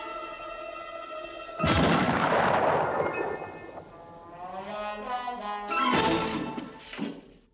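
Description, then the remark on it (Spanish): In a Looney Tunes cartoon, a vacuum cleaner whines with a steady, buzzing hum until a stick of dynamite put inside it explodes in a loud, booming blast. Warbling, sputtering tones follow, then a second sharp burst before it fades. “Mete cartucho de dinamita en la aspiradora.”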